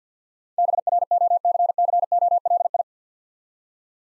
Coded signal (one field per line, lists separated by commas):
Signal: Morse code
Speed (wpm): 48 wpm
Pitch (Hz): 700 Hz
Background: none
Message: BROCCOLI